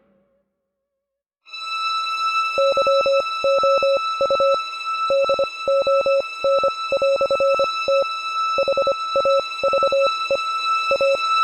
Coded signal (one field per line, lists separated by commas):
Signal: Morse code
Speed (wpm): 25 wpm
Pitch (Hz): 550 Hz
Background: music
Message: YOU DON"T HAVE A